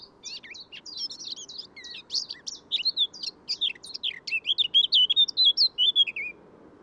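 Eurasian blackcap song: a fast, scratchy, varied warble that grows louder and ends in clearer whistled phrases. A steady low background hum runs throughout.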